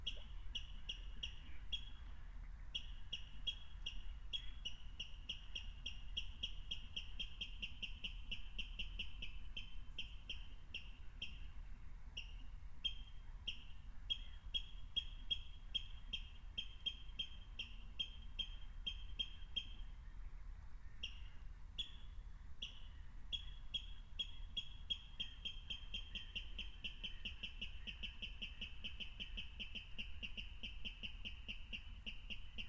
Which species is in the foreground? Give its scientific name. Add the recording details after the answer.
Rallus aquaticus. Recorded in the wild. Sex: male. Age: adult. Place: Kützerhof, Kummerower See, Mecklenburg-Vorpommern, DE. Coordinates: 53.8562, 12.8858. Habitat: wetland. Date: 2010-04-28 23:20. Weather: 13°C, 80% humidity, almost windless. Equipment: Edirol R4, Microtech Gefell MK 250/MV220. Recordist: Giermann, Anita and Frommolt, Karl-Heinz. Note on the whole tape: Kleine Rosin: calibrated recording of a water rail. Distance 22.2 m estimated using a line array (recording